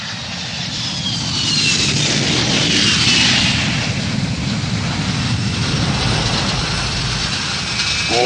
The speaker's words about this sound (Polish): Samolot do raju.